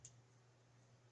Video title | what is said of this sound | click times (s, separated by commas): school building - how to wire a new outlet from a j. box with switch loop MC cable to Romex | here's the little tabes snapping inside there I can | 0.1 s